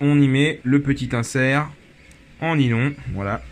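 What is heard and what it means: A small nylon insert is being fitted onto the small wheels of a Nissan 370Z trunk lock mechanism during reassembly of a trunk that opens poorly. The small metal locking key has just been refitted. Someone talks throughout, and the insert has not clipped or seated yet when the clip ends.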